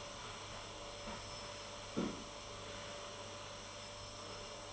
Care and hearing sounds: daily activity, microphone in the room; vacuum cleaning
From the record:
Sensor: 4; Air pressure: 1008.5 hPa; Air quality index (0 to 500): 62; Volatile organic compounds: 1 ppm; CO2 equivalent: 598 ppm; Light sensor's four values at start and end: 13/31/12/11 and 13/31/12/11

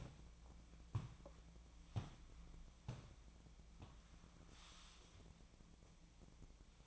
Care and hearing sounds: daily activity, microphone in the room; walk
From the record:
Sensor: 1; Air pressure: 1012.2 hPa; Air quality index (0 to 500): 176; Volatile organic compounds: 3 ppm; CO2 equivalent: 1448 ppm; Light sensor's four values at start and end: 45/123/50/61 and 43/118/47/58

